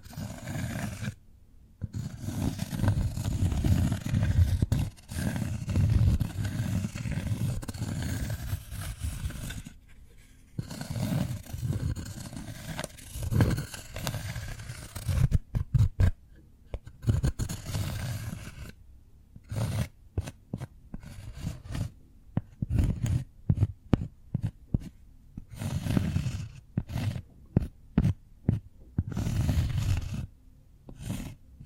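Cork being rubbed, scraped and tapped in short bursts. Low, rough scratching fills the first half with brief silences between strokes. Later it breaks into quicker, choppier taps and scrapes separated by more frequent pauses.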